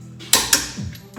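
A click-type torque wrench tightens the next wheel lug nut until it gives its sharp click at 0.3 s, followed by a second sharp metallic snap at 0.5 s that rings down over a faint mechanical hum. The lug nut is confirmed torqued.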